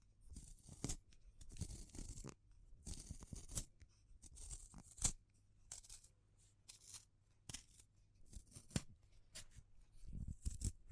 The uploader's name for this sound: Natural Triggers Wood, Bamboo and Straw